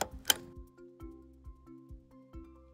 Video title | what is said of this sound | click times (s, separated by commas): How to Install the Peg Perego Primo Viaggio 4-35 Nido Infant Car Seat - Babylist | next attach your latches to the Anchor bars in your vehicle and you'll hear it click when they're attached | 0.0 s, 0.3 s